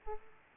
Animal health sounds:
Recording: mosquito wingbeat signal from an infrared sensor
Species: Aedes aegypti

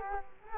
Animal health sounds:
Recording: mosquito wingbeat signal from an infrared sensor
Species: Culex quinquefasciatus

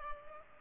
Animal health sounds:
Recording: mosquito wingbeat signal from an infrared sensor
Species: Culex pipiens

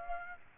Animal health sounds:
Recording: mosquito wingbeat signal from an infrared sensor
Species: Aedes aegypti

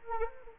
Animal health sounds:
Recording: mosquito wingbeat signal from an infrared sensor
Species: Anopheles arabiensis

